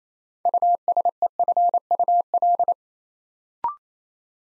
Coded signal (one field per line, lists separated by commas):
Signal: Morse code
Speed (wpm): 28 wpm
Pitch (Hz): 700 Hz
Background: none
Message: USEFUL